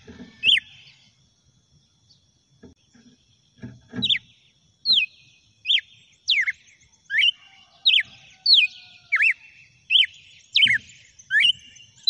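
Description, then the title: Red-cowled cardinal song: one loud slurred whistle, a quiet pause, then a steady series of bright slurred whistled notes, with occasional low knocks. "Galo De Campina"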